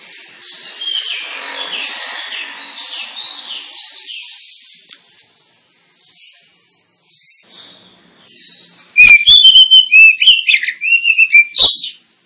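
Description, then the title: Oriental magpie-robin song: soft background twittering, then from around nine seconds a loud burst of rapid whistled and scratchy notes in quick succession. Lure recording of kacer singing, intended to provoke other kacer birds into singing and fighting, with full song bursts called tembakan. "Kacer Langsung Tarung Konslet KACER NGOTOT FULL TEMBAKAN. Kacer dimana SAJA Bakalan NGEPLONG GACOR dengan Pancingan Kacer ini"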